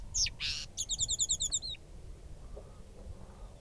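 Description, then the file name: Sabota lark song phrase: a couple of sharp high notes and a buzzy burst, then a quick, even series of bright twittering notes, followed by quiet. Recorded at Halali. "Lark sabota halali"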